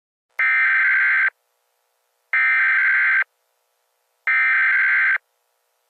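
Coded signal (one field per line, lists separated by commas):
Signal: Emergency Alert System (SAME) tones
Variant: header bursts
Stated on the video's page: Fictional EAS scenario about a Kentucky coal mine fire.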